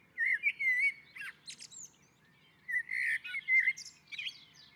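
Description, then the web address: Common blackbird song: mellow fluting warbled phrases, each ending in high squeaky twitters, two phrases separated by a short pause. On a roof. "Naturinspelningar Koltrast på taket"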